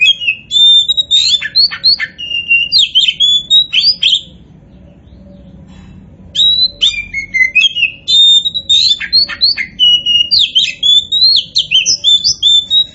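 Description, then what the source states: Oriental magpie-robin in sustained song: rapid, varied high whistles, slurs and trills pour out almost nonstop, broken by a single two-second pause midway. Kacer poci variety, singing in vigorous full song known as gacor.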